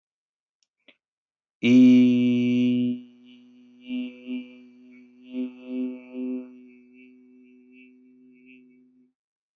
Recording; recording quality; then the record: sustained vowel as in beet; excellent, no background noise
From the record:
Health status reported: healthy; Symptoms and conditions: none ticked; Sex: male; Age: 23 years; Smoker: not ticked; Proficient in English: yes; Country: India